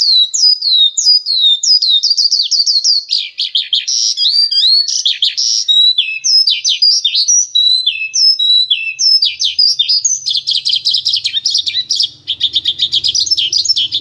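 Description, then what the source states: Horsfield's bush lark delivering a long, varied song of high trills, chirps and twittered phrases, with a faint low hum underneath toward the end. Vietnam type.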